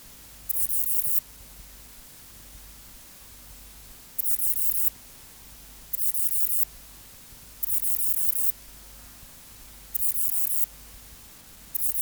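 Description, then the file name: Ephippigerida areolaris song: high, buzzy chirps of under a second, given at irregular intervals over a steady low hum. "Ephippigerida areolaris"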